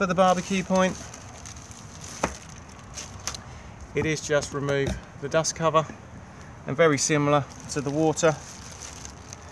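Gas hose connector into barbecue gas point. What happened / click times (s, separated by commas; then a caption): Gas hose connector handled, not yet locked into the gas point / none. Someone talks while handling the outside barbecue gas point on a Benimar Mileo 282, with the dust cover being removed before the gas hose connector is fitted. Short handling knocks come through around 2.2 and 3.3 seconds between the speech. The clip ends before the connector goes home, so nothing has seated or clicked yet.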